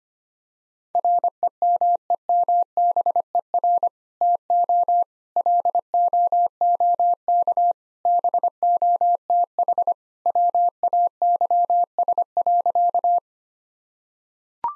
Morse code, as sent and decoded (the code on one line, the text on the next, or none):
.-. . -- . -- -... . .-. / - --- / .-.. --- --- -.- / -... --- - .... / .-- .- -.-- ... .-.-.-
REMEMBER TO LOOK BOTH WAYS.